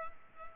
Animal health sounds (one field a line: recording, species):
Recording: mosquito wingbeat signal from an infrared sensor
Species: Culex pipiens